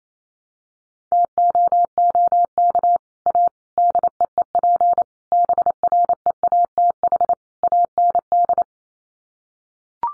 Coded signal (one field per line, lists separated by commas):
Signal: Morse code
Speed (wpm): 28 wpm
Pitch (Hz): 700 Hz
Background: none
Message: TOOK A DEEP BREATH AND